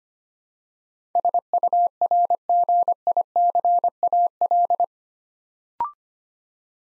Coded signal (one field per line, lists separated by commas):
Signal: Morse code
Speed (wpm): 25 wpm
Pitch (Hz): 700 Hz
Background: none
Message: SURGICAL